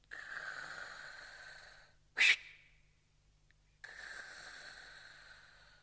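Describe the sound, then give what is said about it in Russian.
A patient breathes loudly on command: wheezy breathing, a long noisy breath, a sharp snort-like burst, a brief pause, then another long rasping breath. No one speaks. “Дышите.”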